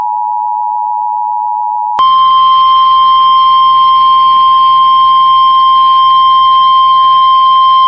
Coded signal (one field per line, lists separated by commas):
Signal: Emergency Alert System (SAME) tones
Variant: 853 and 960 Hz attention tone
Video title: EAS 6492: Winter Storm Warning for Somerset PA From 01/15/25